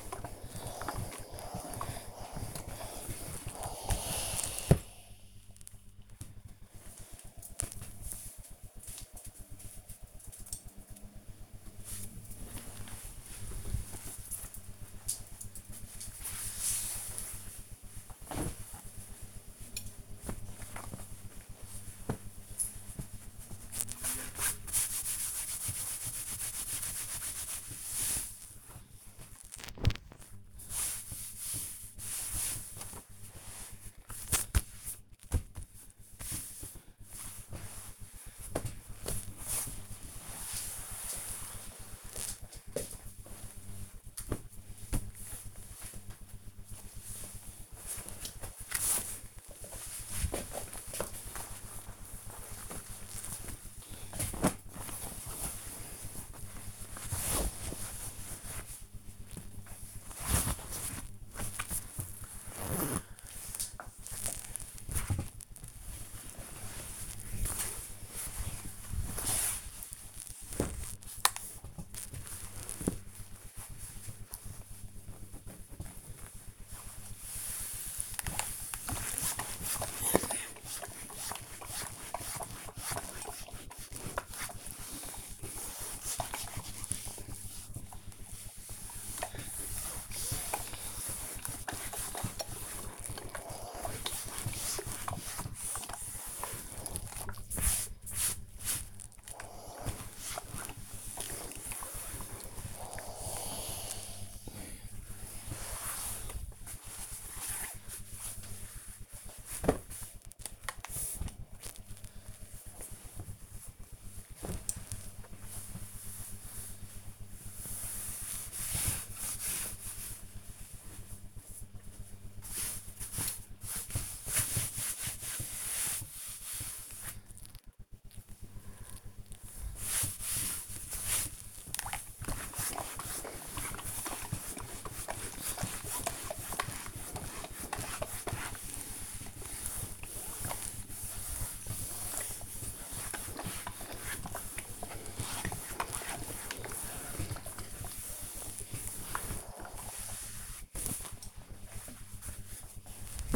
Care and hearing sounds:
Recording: household activities, microphone on the right wrist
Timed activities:
0.00-5.58 s: ironing laundry
11.62-41.77 s: folding laundry
47.83-153.36 s: ironing laundry

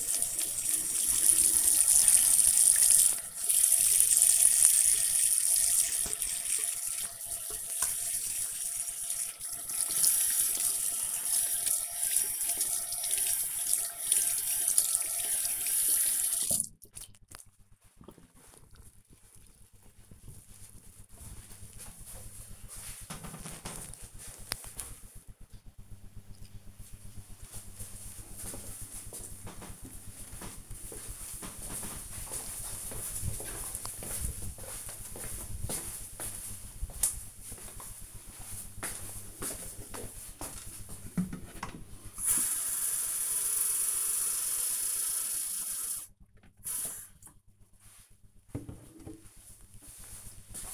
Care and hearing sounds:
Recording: household activities, microphone on the right wrist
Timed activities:
0.00-17.36 s: washing hands
37.48-50.74 s: watering plant

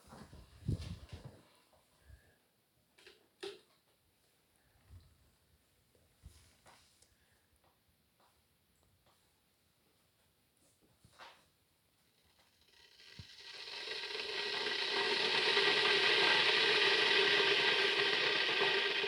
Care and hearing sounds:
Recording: household activities, microphone on the right wrist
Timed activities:
3.09-19.08 s: making tea

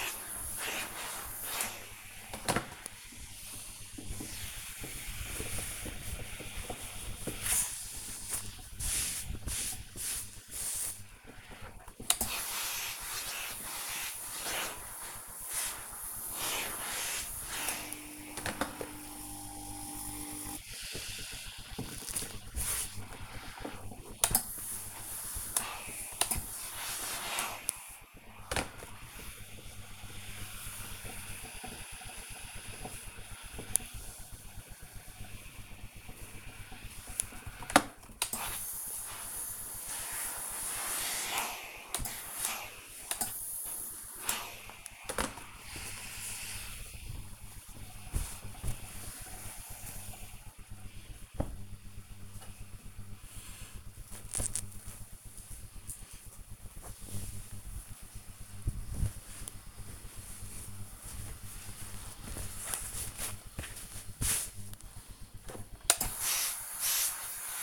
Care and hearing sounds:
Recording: household activities, microphone on the right wrist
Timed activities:
0.00-50.22 s: ironing laundry
64.26-67.63 s: ironing laundry

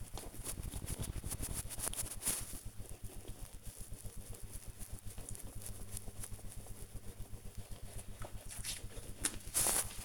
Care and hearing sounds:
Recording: household activities, microphone on the right wrist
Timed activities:
0.00-10.05 s: brushing teeth

